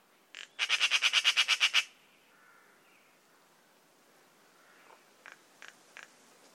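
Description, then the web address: Bird call: a single note, then a rapid, even series of harsh pulses lasting just over a second, followed by a few fainter, spaced notes. Call labelled "Pi Pi Pi Pi". "Deverinetal 2025 File origin Bird Only"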